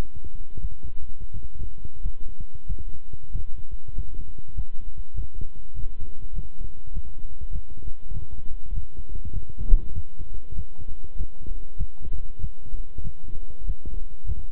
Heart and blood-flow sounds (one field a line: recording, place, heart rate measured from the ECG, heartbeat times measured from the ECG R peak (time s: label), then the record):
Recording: heart sounds by stethoscope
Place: between the tricuspid and mitral areas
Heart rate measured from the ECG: 97 bpm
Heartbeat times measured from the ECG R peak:
0.59 s: heartbeat
1.31 s: heartbeat
2.00 s: heartbeat
2.65 s: heartbeat
3.30 s: heartbeat
3.93 s: heartbeat
4.53 s: heartbeat
5.14 s: heartbeat
5.73 s: heartbeat
6.33 s: heartbeat
6.91 s: heartbeat
7.50 s: heartbeat
8.11 s: heartbeat
8.72 s: heartbeat
9.31 s: heartbeat
9.92 s: heartbeat
10.53 s: heartbeat
11.15 s: heartbeat
11.76 s: heartbeat
12.39 s: heartbeat
13.01 s: heartbeat
13.64 s: heartbeat
14.24 s: heartbeat
From the record:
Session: walking at 3.7 km/h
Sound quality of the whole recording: good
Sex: male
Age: 26 years